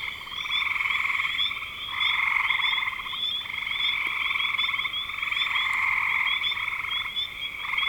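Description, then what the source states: Frogs calling in a dense chorus, long pulsed trills overlapping one another, with short higher chirps running above throughout. Spring 2025.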